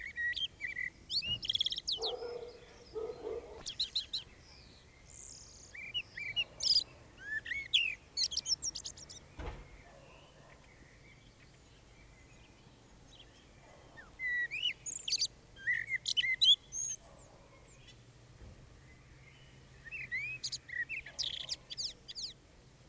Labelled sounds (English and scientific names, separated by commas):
Common Blackbird (Turdus merula) song